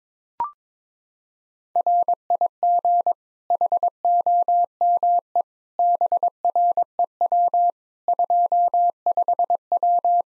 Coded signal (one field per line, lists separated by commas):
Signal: Morse code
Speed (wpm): 22 wpm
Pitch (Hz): 700 Hz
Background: none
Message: RIG HOME BREW 25W